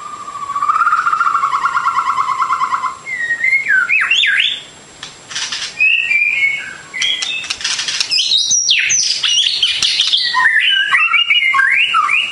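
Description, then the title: Bird song opening with a steady buzzy trill, then switching to quick high whistles, sharp clicks and tumbling chattering phrases. Complete masteran birdsong for training. "Kicau Burung Masteran Lengkap"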